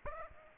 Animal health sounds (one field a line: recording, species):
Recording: mosquito wingbeat signal from an infrared sensor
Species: Aedes aegypti